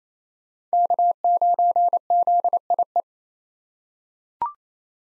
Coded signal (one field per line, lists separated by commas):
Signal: Morse code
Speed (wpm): 28 wpm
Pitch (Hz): 700 Hz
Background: none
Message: K9ZIE